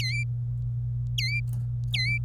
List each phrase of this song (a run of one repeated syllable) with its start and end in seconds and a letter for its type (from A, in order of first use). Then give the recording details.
0.00-0.23 A, 1.18-1.40 A, 1.93-2.18 A. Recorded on 25 April 2018 at 13:55. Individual llb3